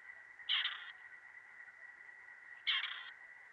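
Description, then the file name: Grey partridge uttering two scratchy, rasping calls about two seconds apart against a continuous high hum. "kuropatwa"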